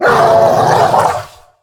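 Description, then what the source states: Mastiff giving one long, rough, growling bark-like sound that lasts about a second before fading away. Hunting mastiff, vocalizing during play.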